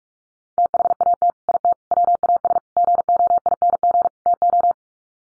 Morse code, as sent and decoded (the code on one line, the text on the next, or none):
- .... .- - / .. - / .-- .- ... / --. --- .. -. --. / - ---
THAT IT WAS GOING TO